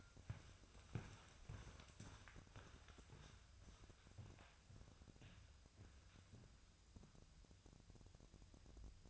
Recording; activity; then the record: daily activity, microphone in the room; walk to room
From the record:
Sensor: 2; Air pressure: 999.3 hPa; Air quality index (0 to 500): 193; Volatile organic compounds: 25 ppm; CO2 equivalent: 2850 ppm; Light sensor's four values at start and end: 6/14/6/6 and 7/17/7/7